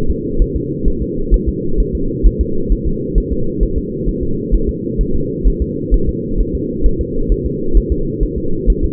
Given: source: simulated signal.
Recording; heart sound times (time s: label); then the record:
fetal heart sounds
0.10 s: S2
0.42 s: S1
0.56 s: S2
0.88 s: S1
1.02 s: S2
1.34 s: S1
1.49 s: S2
1.80 s: S1
1.95 s: S2
2.27 s: S1
2.41 s: S2
2.72 s: S1
2.87 s: S2
3.18 s: S1
3.33 s: S2
3.63 s: S1
3.78 s: S2
4.09 s: S1
4.23 s: S2
4.54 s: S1
4.69 s: S2
5.01 s: S1
5.15 s: S2
5.47 s: S1
5.62 s: S2
5.94 s: S1
6.09 s: S2
6.40 s: S1
6.55 s: S2
6.86 s: S1
7.01 s: S2
7.32 s: S1
7.46 s: S2
7.77 s: S1
7.92 s: S2
8.23 s: S1
8.38 s: S2
8.70 s: S1
8.84 s: S2
From the record:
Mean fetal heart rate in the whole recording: 130 bpm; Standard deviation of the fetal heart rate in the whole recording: 2 bpm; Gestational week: 36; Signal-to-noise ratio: -8.1 dB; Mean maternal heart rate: 72 bpm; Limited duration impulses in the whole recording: absent